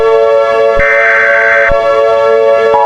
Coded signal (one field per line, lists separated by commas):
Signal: Emergency Alert System (SAME) tones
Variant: header bursts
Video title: Monstrous Eruption - An EAS Scenario